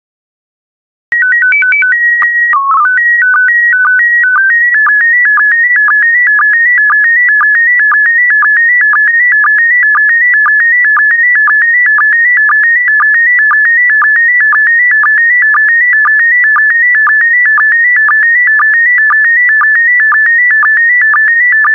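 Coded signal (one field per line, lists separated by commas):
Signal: SSTV (slow-scan television)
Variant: PD120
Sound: brief calibration tones, then a steady warbling tone with rhythmic low ticks about twice a second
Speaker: complete. You can now check your decoded image against the picture that is shown on the video.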